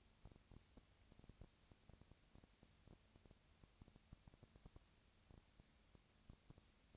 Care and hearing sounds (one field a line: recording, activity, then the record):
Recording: daily activity, microphone in the room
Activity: no activity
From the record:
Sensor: 2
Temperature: 20.1 degrees Celsius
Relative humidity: 35.5%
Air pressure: 997.0 hPa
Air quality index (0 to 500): 198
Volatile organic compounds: 30 ppm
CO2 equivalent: 2963 ppm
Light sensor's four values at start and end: 2/3/2/2 and 2/3/2/2